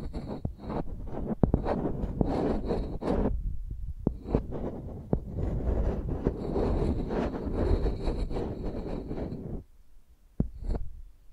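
Microphones are rubbed and dragged like pencils, making a dense scratching with muffled low thumps and frequent sharp taps. The scraping runs in bursts with a short pause near four seconds, then falls nearly silent after about nine and a half seconds except for one tap.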